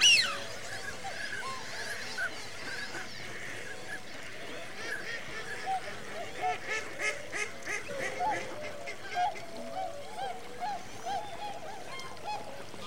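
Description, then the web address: Waterfowl flock with a constant background of calls and a run of louder, regularly spaced honks through the middle and later part. Winter migrant waterfowl. "The BBC Sound Effects Library. Winter migrant waterfowl"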